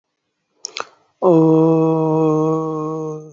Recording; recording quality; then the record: sustained vowel as in boot; excellent, no background noise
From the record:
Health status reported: exposed to COVID-19, no respiratory illness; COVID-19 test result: not tested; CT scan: not taken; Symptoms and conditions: none ticked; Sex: male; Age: 20 years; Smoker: no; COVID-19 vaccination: both doses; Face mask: not worn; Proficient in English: yes